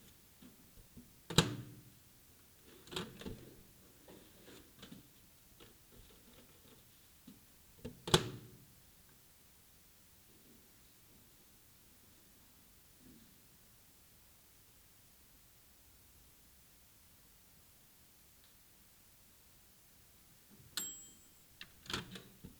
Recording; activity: daily activity, guitar pickup as the sensor; use microwave